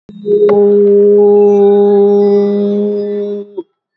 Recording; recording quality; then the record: sustained vowel as in boot; excellent, no background noise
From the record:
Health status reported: healthy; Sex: female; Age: 50 years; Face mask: worn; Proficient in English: no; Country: India